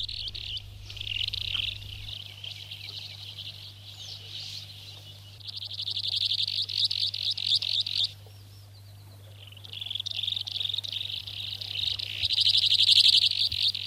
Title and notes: Viikon luontoääni: Jänkäsirriäinen. Pertti Koskimies